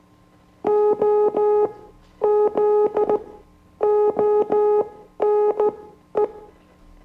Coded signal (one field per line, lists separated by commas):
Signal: Morse code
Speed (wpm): 16 wpm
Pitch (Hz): 420 Hz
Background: music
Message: OZONE